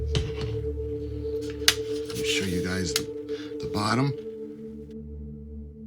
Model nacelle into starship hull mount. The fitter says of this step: just kind of clicks into place like that.